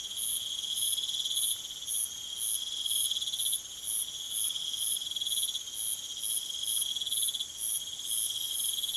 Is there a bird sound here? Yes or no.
no